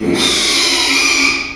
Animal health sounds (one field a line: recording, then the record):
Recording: squeal of a Yucatan mini pig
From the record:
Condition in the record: after surgery on the right vocal fold (resection and tissue-engineered implant)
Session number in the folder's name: 2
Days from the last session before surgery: 13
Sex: male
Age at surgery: 12 weeks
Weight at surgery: 13 kg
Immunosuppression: cyclosporine, prednisolone